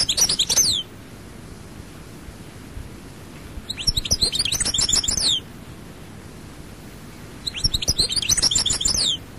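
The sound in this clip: European goldfinch song in three short bursts of rapid, high, tinkling notes and trills, spaced by pauses of a few seconds.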